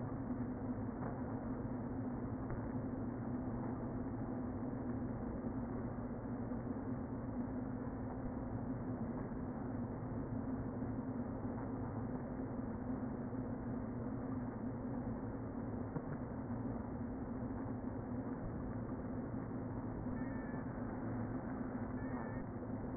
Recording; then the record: honeybee colony, microphone inside the hive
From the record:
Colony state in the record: queen present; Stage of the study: before two queens were removed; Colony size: about 60,000 bees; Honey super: yes